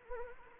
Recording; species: mosquito wingbeat signal from an infrared sensor; Anopheles arabiensis